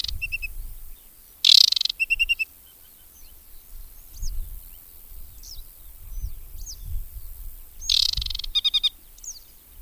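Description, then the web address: Aquatic warbler song in two phrases: a harsh rasping burst followed by a short run of clear stuttered notes, repeated after a pause, with faint chirps between. "Madardalok Cd 3 Csíkosfejű nádiposzáta"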